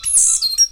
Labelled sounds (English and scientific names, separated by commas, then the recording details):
Stitchbird (Notiomystis cincta) song
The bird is a male
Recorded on Tiritiri Matangi Island, New Zealand, in 2005
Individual 10, of nest box 12